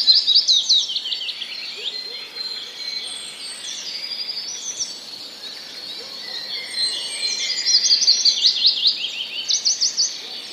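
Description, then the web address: Willow warbler song with gentle falling runs of whistled notes at the start and again near the end, mixed with chirps from other songbirds. Recorded 2 May 2013, singing against sparrows. "wroblowe kontra piecuszek 02 05 2013"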